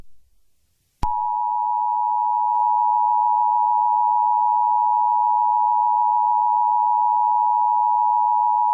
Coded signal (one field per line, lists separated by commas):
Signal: Emergency Alert System (SAME) tones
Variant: 853 and 960 Hz attention tone